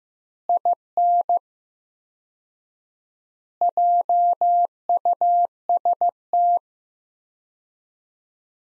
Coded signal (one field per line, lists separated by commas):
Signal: Morse code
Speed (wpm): 15 wpm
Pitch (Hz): 700 Hz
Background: none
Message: IN JUST